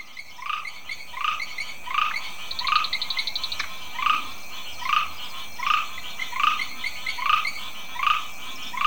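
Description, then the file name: Grass frog giving regular bright chirps roughly every seven-tenths of a second, with a brief high insect trill and a faint steady hum behind. "Ptychadena trinodis"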